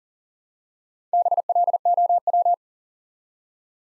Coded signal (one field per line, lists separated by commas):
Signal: Morse code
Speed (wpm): 40 wpm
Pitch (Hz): 700 Hz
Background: none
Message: BLOW